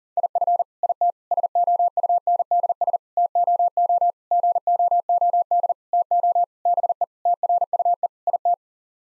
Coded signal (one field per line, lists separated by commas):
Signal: Morse code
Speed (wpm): 40 wpm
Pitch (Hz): 700 Hz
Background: none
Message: IF IT SOUNDS TOO GOOD TO BE TRUE IT